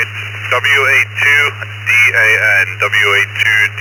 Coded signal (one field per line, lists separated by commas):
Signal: Emergency Alert System (SAME) tones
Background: speech